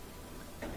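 A wire harness connector for the lid switch circuit in a gas dryer is rejoined and pressed shut to restore power to the lid switch. After a low, steady background, a soft click at 0.6 s shows the connector has seated.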